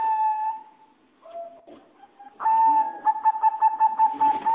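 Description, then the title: Java sparrow song: a held tone, a short pause with softer notes, then a loud run of rapid pulsed notes on one pitch. "kicau gelatik"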